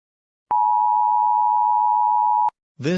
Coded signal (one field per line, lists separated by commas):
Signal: Emergency Alert System (SAME) tones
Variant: 853 and 960 Hz attention tone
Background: speech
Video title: S1 E14: Jodhpur, Ice, and Parry Create a fake EAS WARNING PART 2 OF 2